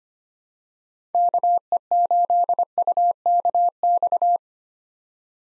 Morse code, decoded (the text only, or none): KE8UKX